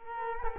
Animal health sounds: mosquito wingbeat signal from an infrared sensor; Culex quinquefasciatus

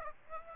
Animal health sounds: mosquito wingbeat signal from an infrared sensor; Aedes aegypti

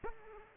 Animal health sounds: mosquito wingbeat signal from an infrared sensor; Aedes aegypti

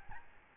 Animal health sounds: mosquito wingbeat signal from an infrared sensor; Aedes albopictus

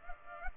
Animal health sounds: mosquito wingbeat signal from an infrared sensor; Culex pipiens

